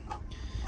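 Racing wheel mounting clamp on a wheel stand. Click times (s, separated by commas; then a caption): 0.1 s. The mounting clamp of a Logitech G29 racing wheel, its knob already turned until tight, has its lever pushed down on the wheel stand. A short, sharp click is heard at 0.1 s over a low steady background. The clamp locks into place and the wheel is seated.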